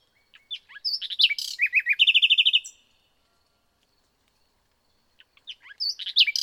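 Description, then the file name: Common nightingale song: varied chirps building into a rapid run of repeated clipped notes, then silence, then another varied phrase begins. "Luscinia megarhynchos"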